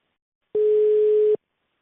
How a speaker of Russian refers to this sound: Блин, я только что набрал номер телефона.